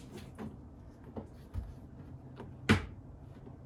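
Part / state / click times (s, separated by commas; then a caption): floor drain plug into vehicle floor liner / seated / 2.7 s. A rubber drain plug is pressed into a hole in the new floor liner of a Jeep Wrangler LJ, a tight fit that is worked in all the way around. Faint scuffs and soft taps come before a sharp, loud click at 2.7 s. The plug seats into place.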